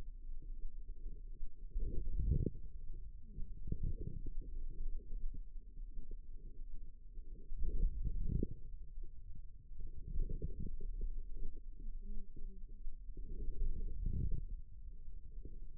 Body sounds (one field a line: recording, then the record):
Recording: forearm muscle sounds (acoustic myography)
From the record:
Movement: wrist flexion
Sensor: system 2, bracelet of six BSWA MPA416 microphones around the upper forearm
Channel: 4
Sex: female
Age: 25 years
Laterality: right